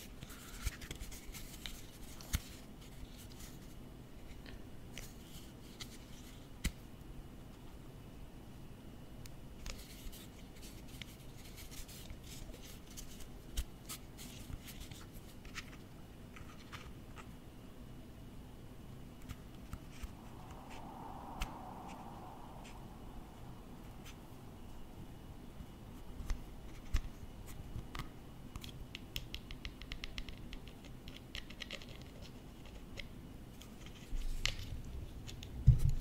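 Close-up tapping and tracing on office objects, made of light, scattered clicks and scratchy strokes over a quiet steady hum. The taps come irregularly throughout and grow busier after about 27 seconds. A soft, brief whirring sound rises and fades around 21 seconds.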